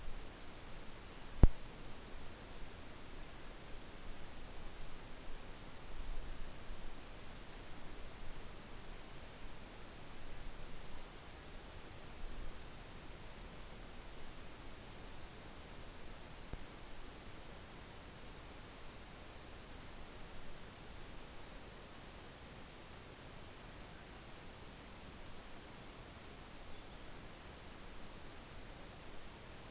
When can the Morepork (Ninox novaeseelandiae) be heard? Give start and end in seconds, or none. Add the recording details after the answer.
none. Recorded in New Zealand on 12 November 2013. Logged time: 02:19. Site Ponui